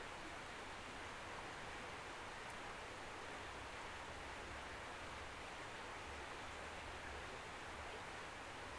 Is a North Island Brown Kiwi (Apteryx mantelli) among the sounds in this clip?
no